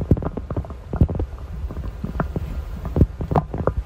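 Irregular low gurgles and rumbling bursts from an adult's stomach after overeating at a holiday meal, loud ordinary bowel sounds picked up with a phone held against the stomach, like something alive in there or an approaching storm.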